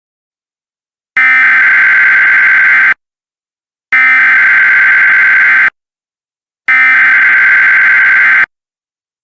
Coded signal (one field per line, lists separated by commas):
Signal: Emergency Alert System (SAME) tones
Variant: header bursts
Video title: EAS Scenario - Storm Dragon